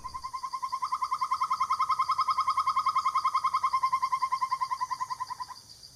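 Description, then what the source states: Asian barred owlet call: a fast, even series of mellow notes lasting over five seconds. Heard in the afternoon in a Bangkok park, Thailand; a night bird call many people may have heard.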